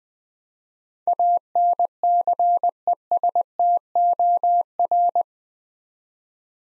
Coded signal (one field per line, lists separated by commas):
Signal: Morse code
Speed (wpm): 20 wpm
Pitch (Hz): 700 Hz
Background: none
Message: ANCESTOR